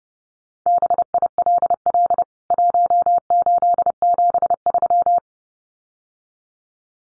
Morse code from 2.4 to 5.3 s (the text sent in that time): 1873